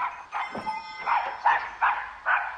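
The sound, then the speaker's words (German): A large dog barks about five times in a steady, evenly spaced series of mid-pitched, fairly loud woofs, with no talking. “Komm mal her, du großer Hund.”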